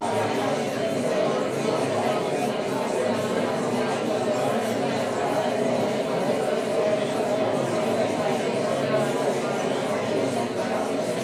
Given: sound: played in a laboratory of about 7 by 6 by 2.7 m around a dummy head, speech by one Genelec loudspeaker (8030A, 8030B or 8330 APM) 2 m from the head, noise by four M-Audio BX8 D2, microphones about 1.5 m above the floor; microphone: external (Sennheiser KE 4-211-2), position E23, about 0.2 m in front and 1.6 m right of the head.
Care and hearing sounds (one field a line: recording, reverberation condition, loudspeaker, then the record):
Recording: babble noise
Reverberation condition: medium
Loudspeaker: four, about 170 cm from the corners of the room and facing them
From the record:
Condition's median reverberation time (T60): about 510 ms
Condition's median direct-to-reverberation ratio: about -0.5 dB